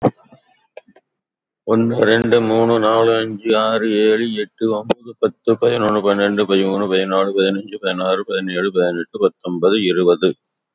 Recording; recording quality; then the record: counting at a fast pace; moderate, slight background noise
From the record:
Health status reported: COVID-19 positive, mild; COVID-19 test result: positive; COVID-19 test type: RT-PCR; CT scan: taken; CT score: 5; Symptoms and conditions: cough, cold, muscle pain, ischaemic heart disease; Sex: male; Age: 76 years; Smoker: no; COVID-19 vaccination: both doses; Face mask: not worn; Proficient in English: yes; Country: India